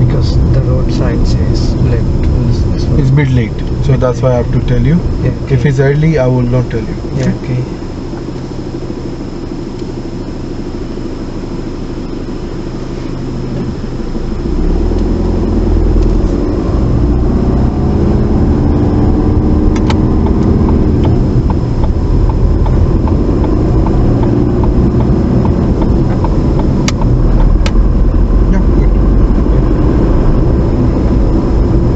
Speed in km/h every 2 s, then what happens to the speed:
18, 8, 5, 0, 0, 0, 0, 11, 18, 21, 21, 29, 29, 34, 40, 39.
0-6 slows to 0. 6-12 standing. 12-22 pulls away to 29. 25-28 speeds up to 40.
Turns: 16-22.